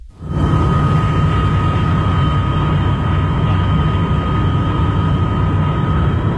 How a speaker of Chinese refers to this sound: 飞机缓缓地降落在北京首都国际机场。